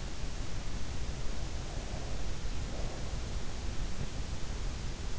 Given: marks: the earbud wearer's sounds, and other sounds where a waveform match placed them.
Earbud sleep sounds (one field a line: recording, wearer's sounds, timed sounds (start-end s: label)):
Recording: sounds in sleep by an in-ear microphone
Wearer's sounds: breath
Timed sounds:
1.15-3.95 s: breath